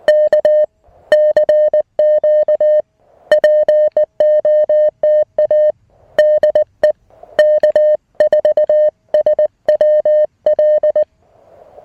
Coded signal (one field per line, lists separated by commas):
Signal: Morse code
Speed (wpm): 19 wpm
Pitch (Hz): 610 Hz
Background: music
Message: K CQ POTA DE K4SWL